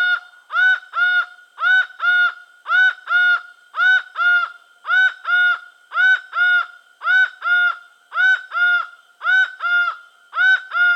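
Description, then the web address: Laughing falcon calling in rhythmic groups of two or three harmonic notes, about one group per second, steady and loud against silence. Venezuela. "Birds of the Amazon. Laughing Falcon (Herpetotheres cachinnans), Venezuela"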